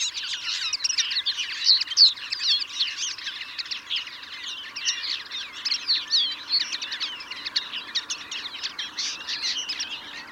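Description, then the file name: European greenfinch: rapid twitters and chirps pouring out nonstop, loud and busy throughout. "Chloris chloris"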